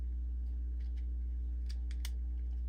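The two plastic halves of an Infiniti QX60/Nissan Pathfinder Intelligent Key fob housing are pressed back together during a battery replacement. Over a steady low hum, a few faint ticks are followed by sharp clicks at 1.9 s and 2.1 s as the halves snap closed and seat.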